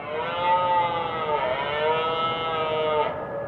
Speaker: October is the beginning of the rutting or mating season for these red deer stags.